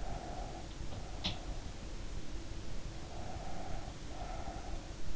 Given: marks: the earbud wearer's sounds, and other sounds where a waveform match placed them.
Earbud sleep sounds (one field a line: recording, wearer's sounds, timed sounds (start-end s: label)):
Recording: sounds in sleep by an in-ear microphone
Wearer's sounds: breath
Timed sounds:
0.00-1.66 s: breath
0.97-1.67 s: sound from someone else or the room
3.02-5.04 s: breath